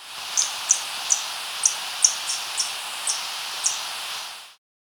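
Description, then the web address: Glowing puffleg calls: several short, very high ticking notes at irregular intervals over a steady hiss of background noise that cuts off half a second before the end. Recorded in Ecuador. "S America Birds of Ecuador. Glowing Puffleg"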